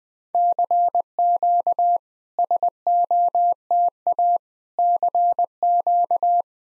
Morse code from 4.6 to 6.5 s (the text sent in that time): CQ